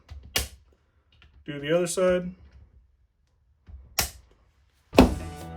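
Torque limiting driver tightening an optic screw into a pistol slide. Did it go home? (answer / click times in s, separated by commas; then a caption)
yes / 0.4 s. A preset torque-limiting driver set to about 17–18 inch-pounds tightens an optic mounting screw into a pistol slide, and the limiter gives a sharp click at 0.4 s when the setting is reached. Someone then talks, and more sharp clicks follow near 4.0 s and 5.0 s.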